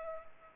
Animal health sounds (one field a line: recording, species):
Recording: mosquito wingbeat signal from an infrared sensor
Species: Culex pipiens